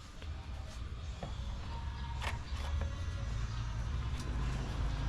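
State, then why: Not seated. Someone pushes the oil catch can hose quick-connect fitting toward its port on the engine of a 2022 F-150 truck, making short handling knocks around 0.2 s and 1.2 s over a steady low rumble. Nothing has seated or clicked yet.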